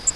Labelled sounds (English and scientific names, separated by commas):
Grace's Warbler (Setophaga graciae) flight call